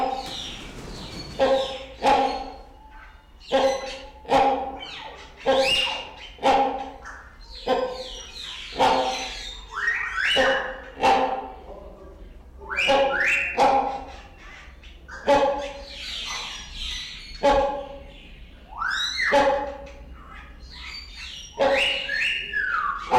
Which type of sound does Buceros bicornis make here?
call